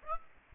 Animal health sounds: mosquito wingbeat signal from an infrared sensor; Aedes aegypti

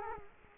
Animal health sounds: mosquito wingbeat signal from an infrared sensor; Culex quinquefasciatus

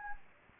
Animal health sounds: mosquito wingbeat signal from an infrared sensor; Anopheles gambiae

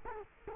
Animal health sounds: mosquito wingbeat signal from an infrared sensor; Culex quinquefasciatus

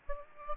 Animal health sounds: mosquito wingbeat signal from an infrared sensor; Aedes aegypti

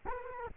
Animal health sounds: mosquito wingbeat signal from an infrared sensor; Culex quinquefasciatus

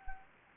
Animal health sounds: mosquito wingbeat signal from an infrared sensor; Anopheles gambiae

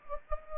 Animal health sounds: mosquito wingbeat signal from an infrared sensor; Anopheles gambiae

